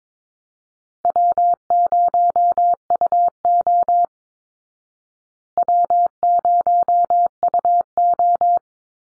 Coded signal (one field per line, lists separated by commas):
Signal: Morse code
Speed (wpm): 22 wpm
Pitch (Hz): 700 Hz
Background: none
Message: W0UO W0UO